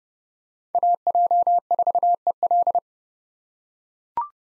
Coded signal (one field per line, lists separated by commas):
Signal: Morse code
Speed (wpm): 30 wpm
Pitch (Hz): 700 Hz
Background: none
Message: AJ4EL